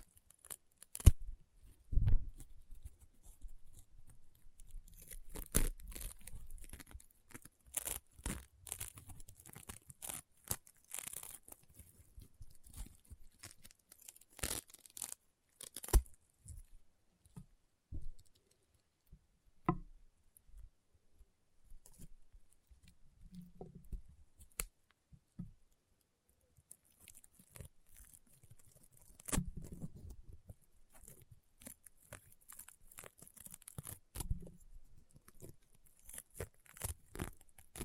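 Crunchy, popping slime crackles in dense bursts of sharp clicks and pops, thick around 5–16 seconds and again near 29–37 seconds. Quieter gaps hold softer squelches and low thuds, with a faint crinkling hiss running high above throughout.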